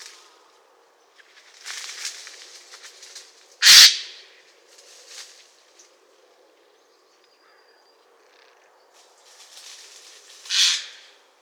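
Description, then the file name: Eurasian jay giving two loud, harsh rasping screeches about seven seconds apart, with softer scratchy noises between them. "Garrulus glandarius"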